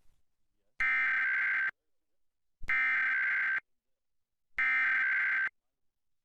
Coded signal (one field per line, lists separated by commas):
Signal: Emergency Alert System (SAME) tones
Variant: header bursts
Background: speech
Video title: EAS HISTORY 2025 - 20 YEARS